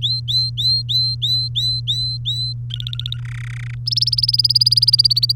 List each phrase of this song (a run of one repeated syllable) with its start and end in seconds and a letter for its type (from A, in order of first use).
0.02-2.53 A, 2.70-3.17 B, 3.25-3.74 C, 3.86-5.32 D